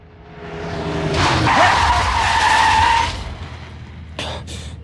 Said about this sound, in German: Wenn abends in einer schönen, stillen Straße plötzlich so ein Auto von hinten auf einen zurast, ne?